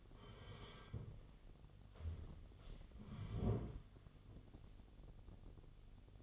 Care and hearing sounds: daily activity, microphone in the room; sit down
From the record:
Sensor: 4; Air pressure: 1016.1 hPa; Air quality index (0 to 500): 194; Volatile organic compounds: 10 ppm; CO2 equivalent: 2221 ppm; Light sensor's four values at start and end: 9/19/8/7 and 9/19/8/7

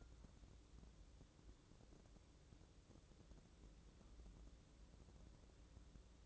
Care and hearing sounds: daily activity, microphone in the room; wipe stove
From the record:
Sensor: 3

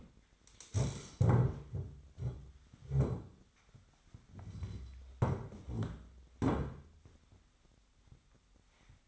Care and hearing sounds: daily activity, microphone in the room; stand up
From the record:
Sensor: 3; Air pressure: 1007.7 hPa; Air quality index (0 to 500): 193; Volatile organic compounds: 15 ppm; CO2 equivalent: 2478 ppm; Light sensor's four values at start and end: 12/28/12/12 and 12/28/12/12

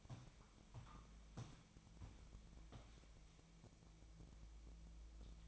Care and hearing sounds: daily activity, microphone in the room; walk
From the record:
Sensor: 1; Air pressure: 1012.2 hPa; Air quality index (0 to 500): 177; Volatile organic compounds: 3 ppm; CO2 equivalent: 1454 ppm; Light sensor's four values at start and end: 52/139/57/72 and 49/133/54/67

